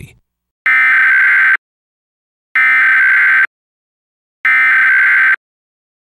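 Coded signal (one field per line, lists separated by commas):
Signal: Emergency Alert System (SAME) tones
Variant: header bursts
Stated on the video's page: Mock reenactment of the National Periodic Test using valid EAS tones, rendered on Trilithic EASyCAP, Digital Alert Systems DASDEC II and Sage Digital Endec.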